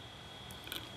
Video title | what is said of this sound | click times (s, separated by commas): Effy Sterling Silver Diamond Tsavorite Bangle on QVC | you hear it click and then you press down on this little | 0.7 s